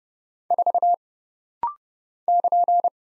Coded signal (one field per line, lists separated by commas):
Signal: Morse code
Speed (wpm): 30 wpm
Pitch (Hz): 700 Hz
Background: none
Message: 4 <KN>